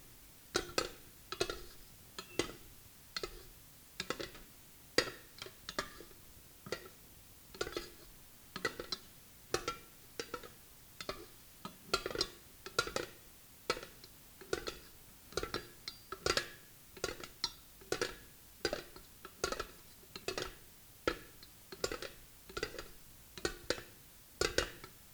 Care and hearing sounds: daily activity, guitar pickup as the sensor; fry

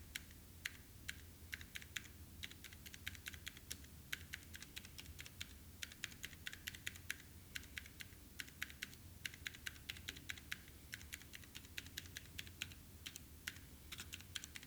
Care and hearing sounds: daily activity, guitar pickup as the sensor; type

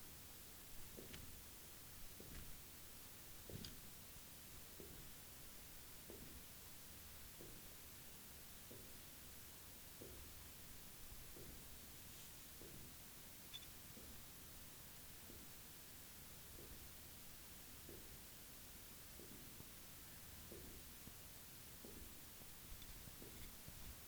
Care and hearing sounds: daily activity, guitar pickup as the sensor; jump

